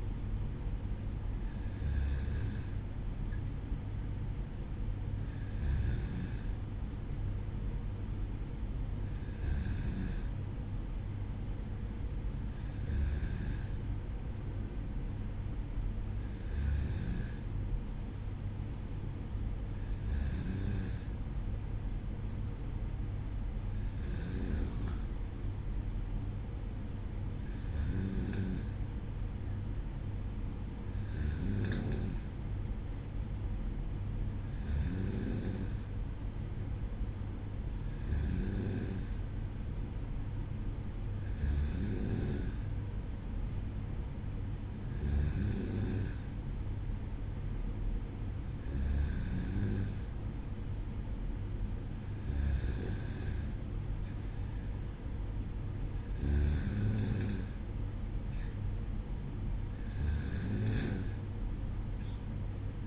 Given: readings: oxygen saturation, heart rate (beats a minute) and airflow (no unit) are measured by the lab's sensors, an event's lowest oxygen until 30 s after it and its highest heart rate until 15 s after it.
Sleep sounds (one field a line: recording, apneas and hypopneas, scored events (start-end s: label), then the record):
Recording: breathing in sleep by a smartphone at the bedside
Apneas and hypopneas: none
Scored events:
none scored
From the record:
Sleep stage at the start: N2 (light sleep)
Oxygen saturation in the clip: 93 to 94%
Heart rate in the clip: 55 to 58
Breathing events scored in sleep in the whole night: 305 in 9.6 hours asleep